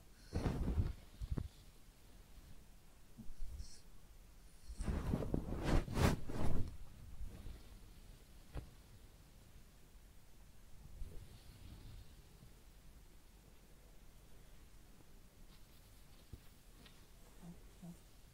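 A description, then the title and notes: Quiet handling sounds from a head massage session: soft rubbing and scratching, with a cluster of louder brushing strokes around six seconds. Brief taps and crisp rustles follow, fading to gentle, sparse touches toward the end. ASMR Real Head Massage and Ear Cleaning (No Talking).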